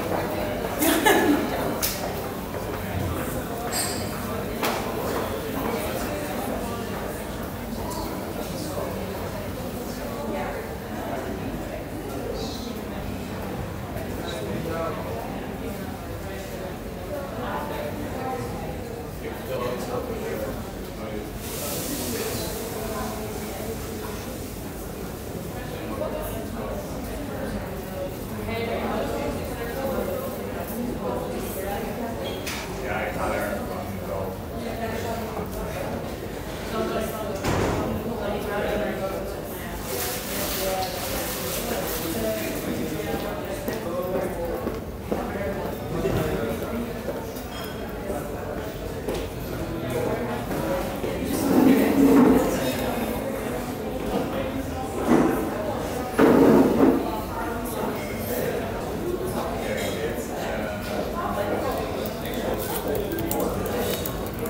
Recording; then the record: background sound without coughing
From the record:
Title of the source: 40 min - Ambience sounds UNIVERSITY lunchroom chatting